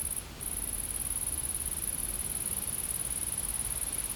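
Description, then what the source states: Insect buzzing, a high sizzling trill that pauses briefly near the start then runs on steadily, with rumbling low noise underneath. Insects in a field.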